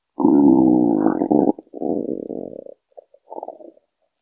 Hungry Stomach Gurgling.